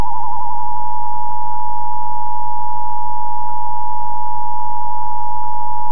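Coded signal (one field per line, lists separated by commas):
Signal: Emergency Alert System (SAME) tones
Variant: 853 and 960 Hz attention tone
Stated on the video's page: Recorded Emergency Broadcast System tests from 1980 to 1996, the older, more manual predecessor of the Emergency Alert System.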